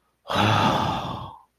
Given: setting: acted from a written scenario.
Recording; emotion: vocal sound without words; awe